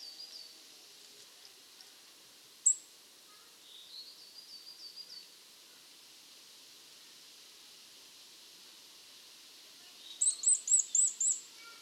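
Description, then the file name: Eurasian nuthatch calls: a quick series of piping notes midway, then a rapid run of six high, sharp notes near the end, in a quiet background. "Sitta europaea"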